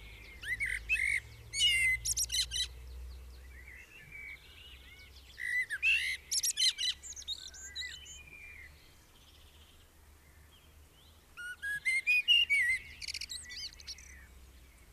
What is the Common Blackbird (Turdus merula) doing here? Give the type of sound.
song